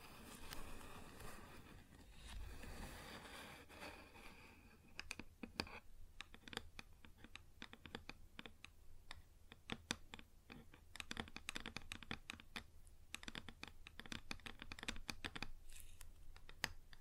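Wood surface being scratched for the first few seconds, a dense rough rubbing that gives way to tapping. From about five seconds on, quick irregular taps and clicks come in clusters, sharp and bright, over a faint low hum.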